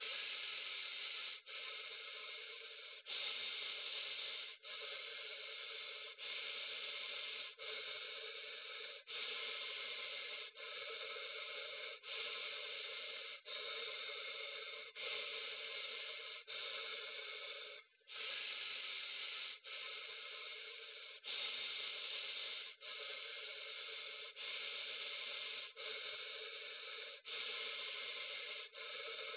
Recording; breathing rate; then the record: paced breathing near a phone; 20 breaths a minute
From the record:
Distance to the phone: 20 cm